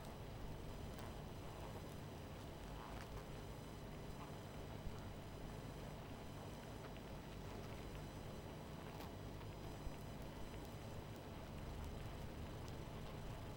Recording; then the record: honeybee colony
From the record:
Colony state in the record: missing queen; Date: 14 July 2017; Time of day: 23:04